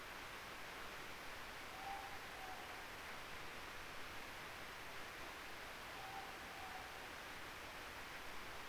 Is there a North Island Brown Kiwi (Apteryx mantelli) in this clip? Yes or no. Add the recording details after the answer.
no. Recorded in New Zealand on 3 December 2013. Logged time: 04:27. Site DF60